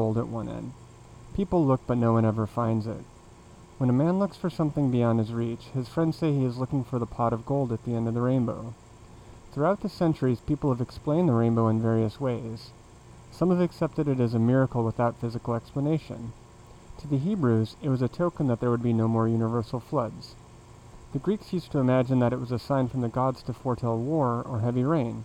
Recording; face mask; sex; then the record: reading aloud; surgical mask; male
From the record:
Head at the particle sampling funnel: facing it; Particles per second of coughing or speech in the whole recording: 0.242